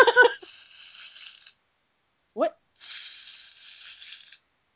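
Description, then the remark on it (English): A tinsel sound effect: two bursts of bright, glittery rustling like tinsel being crinkled, each lasting about a second and a half, with a short spoken exclamation in the gap between them. “Let me ask you all, in your opinion, what do you think tinsel sounds like?”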